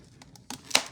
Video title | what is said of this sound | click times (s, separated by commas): It been a while! Style my hair with me and talk Arbonne fizz! | there we go Clicks in | 0.8 s